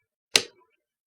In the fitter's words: in place push down gently until you hear the click now